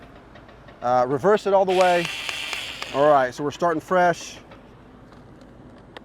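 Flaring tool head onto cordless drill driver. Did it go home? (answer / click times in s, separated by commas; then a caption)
yes / 5.1 s, 6.0 s. Someone talks, then a Navac powered flaring tool head for ductless mini split flares is turned counterclockwise on a cordless drill driver until it twist-locks into position before the drill is run forward. Two short clicks at 5.1 s and 6.0 s mark the head seating and locking in place.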